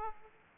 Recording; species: mosquito wingbeat signal from an infrared sensor; Aedes aegypti